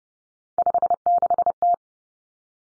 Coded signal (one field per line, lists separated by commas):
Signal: Morse code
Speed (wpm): 30 wpm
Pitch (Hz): 700 Hz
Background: none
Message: 56T